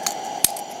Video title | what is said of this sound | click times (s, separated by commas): subscriber give away while out camping | See how it locks in place? | 0.4 s